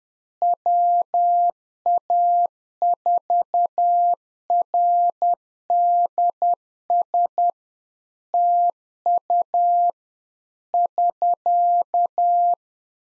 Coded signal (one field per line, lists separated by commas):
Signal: Morse code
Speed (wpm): 10 wpm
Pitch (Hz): 700 Hz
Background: none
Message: WA4RDS TU <SK>